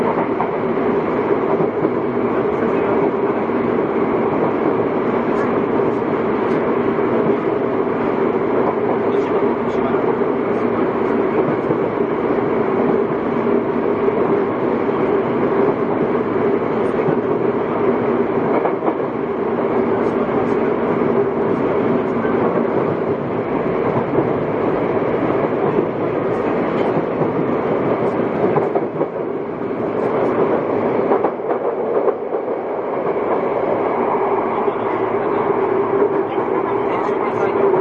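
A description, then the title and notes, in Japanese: Inside a Yokohama Municipal Subway 3000R train running between stations, a steady, dense rumble and roar fills the car, with a strong low hum throughout. The level stays constant, with a brief dip in the low rumble around 29–33 seconds before the full roar resumes. 横浜市営地下鉄3000R形 関内〜あざみ野。快速運用で録音。関内からの停車駅は桜木町、横浜、新横浜、新羽、新羽から終点あざみ野までの各駅となっている。録音はICレコダーを使用しています。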